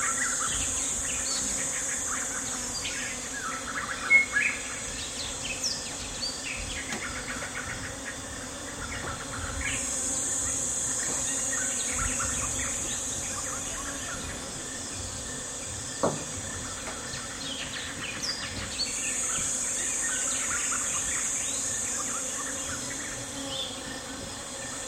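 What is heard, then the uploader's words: A jungle camp morning filled with a dense, steady hum of insects and bees, with a bright shrill insect band that swells in long pulses around 10 and 19 seconds. Scattered bird chirps and calls run throughout, with a few sharp knocks near 4 and 16 seconds. Gabon - Ivindo NP - Jungle Camp Atmosphere. Typical morning at a remote camp in the jungle with lush birdsong, swarms of bees and people going about their business. Recorded with Sony PCM D100 on the Congo rainforest expedition.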